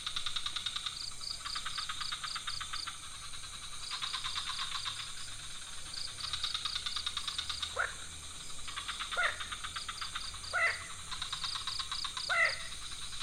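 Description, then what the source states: Frogs: chorus of fast pulsed trills in repeated bursts, joined later by a few short, sharp croaks. Several frog species calling at night in a pond near a hotel in Ubud, Bali, Indonesia; recorded with Sony PCM D50, Rode NT4 and Rode boompole.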